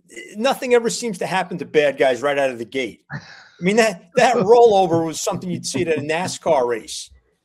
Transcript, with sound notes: Nothing ever seems to happen to bad guys right out of the gate.
(laughs)
I mean, that, that rollover was something you'd see at a NASCAR race,